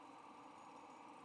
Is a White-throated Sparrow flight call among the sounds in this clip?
no